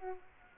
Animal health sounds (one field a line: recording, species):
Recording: mosquito wingbeat signal from an infrared sensor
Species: Aedes aegypti